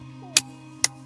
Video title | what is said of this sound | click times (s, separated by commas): 2026 Tesla Model Y Juniper Tire Swap Tutorial - Winter to Summer Wheels | There you go. You heard that click. | 0.4 s, 0.8 s